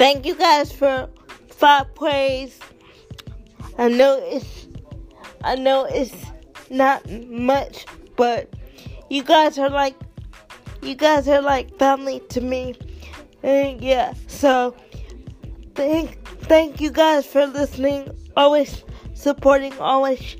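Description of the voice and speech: A single higher-pitched adult voice speaks slowly, with many long pauses, stretched vowels and repeated phrases and words such as "I know it's", "you guys are like" and "thank, thank". This slow, halting delivery is dysarthria.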